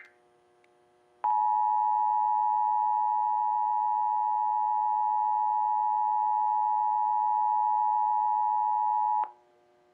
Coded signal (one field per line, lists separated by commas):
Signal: Emergency Alert System (SAME) tones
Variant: 853 and 960 Hz attention tone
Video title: DASDEC Relay EAS Shelter in Place Warning Cancelation Due to Dangerous Suspect Boulder, CO 02/07/23